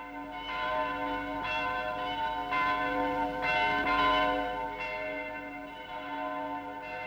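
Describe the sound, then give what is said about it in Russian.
Church bells peal continuously for St. Nicholas Day, several bells striking in overlapping, irregular succession with bright ringing overtones and a sustained hum, steady and fairly loud with no voices. “Вы знаете, от чего такой перезвон? Да ведь сегодня Николин день.”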